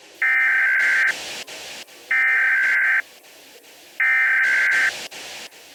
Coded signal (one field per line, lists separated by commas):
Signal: Emergency Alert System (SAME) tones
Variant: header bursts